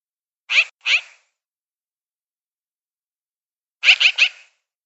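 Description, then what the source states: Magpie chattering with rough, raspy notes: a pair of calls, a long silent gap of nearly three seconds, then a rapid run of three harsh notes. Chirping.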